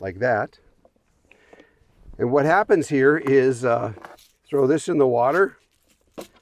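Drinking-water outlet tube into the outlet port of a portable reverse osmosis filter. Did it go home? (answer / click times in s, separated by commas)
yes / 1.3 s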